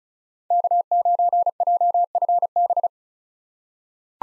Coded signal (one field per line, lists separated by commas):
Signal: Morse code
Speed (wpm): 34 wpm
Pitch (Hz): 700 Hz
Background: none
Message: K9JFB